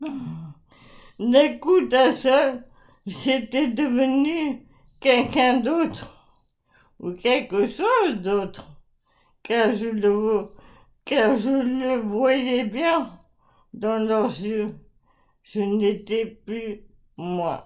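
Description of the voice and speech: A 40-year-old woman with amyotrophic lateral sclerosis (Charcot disease) speaks French slowly, in short bursts of a few words with long pauses between them. Her voice is badly affected: consonants are blurred or dropped, and one phrase is restarted. Her articulation is worsening little by little. These are signs of dysarthria caused by the disease.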